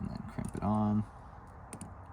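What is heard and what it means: Someone talks while a plastic T-tap (lockjaw) splice connector on a wire, part of an interior ambient lighting install on a 2011–15 Ford Explorer or 2013–19 Police Interceptor Utility, has its clasp squeezed closed with crimpers. A brief steady humming tone is heard around 0.7 to 1.0 s. Two sharp, short clicks at 1.7 s and 1.8 s mark the connector latching shut and seating on the wire.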